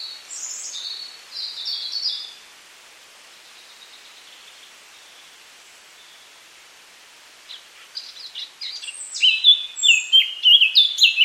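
Eurasian Blackcap: a brief scratchy burst, several seconds of near silence, then a quiet chatter leading into a loud, clear fluted whistled ending.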